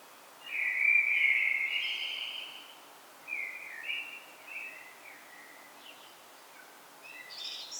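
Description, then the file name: Common blackbird song: a loud, mellow fluted phrase, then softer warbled notes and a high squeaky twitter at the end. "Turdus merula"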